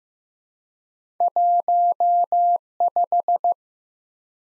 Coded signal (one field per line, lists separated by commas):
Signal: Morse code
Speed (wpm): 15 wpm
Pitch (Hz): 700 Hz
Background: none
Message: 15